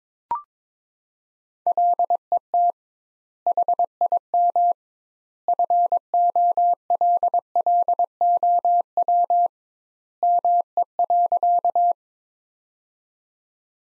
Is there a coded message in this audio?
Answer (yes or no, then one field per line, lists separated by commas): yes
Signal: Morse code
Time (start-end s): 1.7-11.9 s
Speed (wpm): 22 wpm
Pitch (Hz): 700 Hz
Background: none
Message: LET HIM FOLLOW ME.